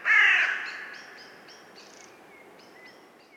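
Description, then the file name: Carrion crow giving a single loud, harsh caw, followed by faint, thin high notes. "Corvus corone"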